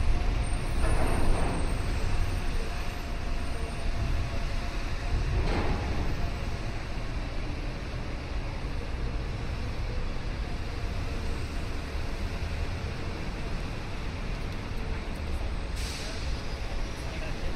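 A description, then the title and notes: A downtown riverside walk at sunrise, filled with a dense, steady city rumble that is heavy in the low end and sounds like rail or road traffic. Brief brighter swells pass through around the first, fifth and sixteenth seconds. River Walk at Sunrise, Binaural City Sounds. Morning walk in Downtown Chicago, Illinois during the morning sunrise. I'm visiting Chicago for a few weeks in Chicago and wanted to record this on a chill morning when the River Walk wouldn't be to overly crowded with people.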